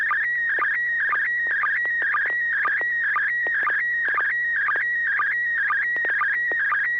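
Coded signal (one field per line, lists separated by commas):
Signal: SSTV (slow-scan television)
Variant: PD120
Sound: warbling, chirping tone scanning steadily, with short low blips about twice a second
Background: low hum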